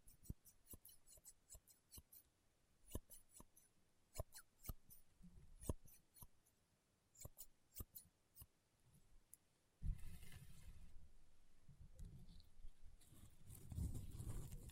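Rainbow honeycomb slime being squished gives sharp crackles and pops, coming singly and in quick clusters with short quiet gaps through the first ten seconds. After that come denser, rougher crunching and squelching passages, then a brief lull and another thick burst at the end.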